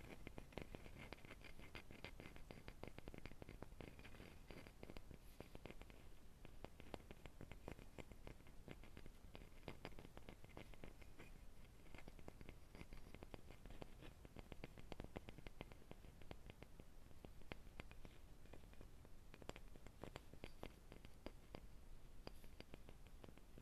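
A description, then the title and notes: Dense, rapid tapping on a coaster runs steadily throughout, a busy patter of light clicks over a low, constant hum. Coaster Tapping. This is a wooden coaster my boyfriend has made from old pallet wood.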